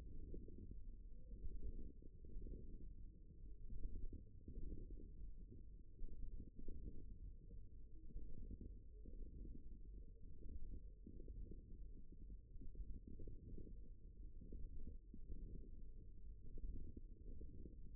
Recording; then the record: forearm muscle sounds (acoustic myography)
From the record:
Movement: wrist flexion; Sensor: system 1, eight BSWA MPA416 microphones around the upper forearm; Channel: 4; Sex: male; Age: 54 years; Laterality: right